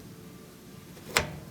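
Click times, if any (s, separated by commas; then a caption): 1.2 s. A plastic control console on a top-load Whirlpool washer cabinet is pushed down one side at a time onto its mounting clips. After a quiet stretch of low background noise, a single sharp click is heard at 1.2 s as the clip snaps into place. The console side is seated.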